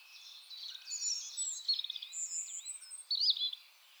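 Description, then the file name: European robin song, a continuous high warbling phrase with a buzzy trill, thin whistled slides and a final twisting flourish. "Erithacus rubecula"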